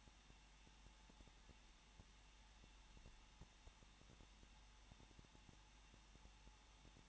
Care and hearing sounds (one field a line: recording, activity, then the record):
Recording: daily activity, microphone in the room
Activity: no activity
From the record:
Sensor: 1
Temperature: 20.1 degrees Celsius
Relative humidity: 39.4%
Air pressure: 1006.4 hPa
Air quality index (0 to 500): 219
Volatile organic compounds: 81 ppm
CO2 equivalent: 3615 ppm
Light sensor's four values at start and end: 1/2/1/1 and 1/2/1/1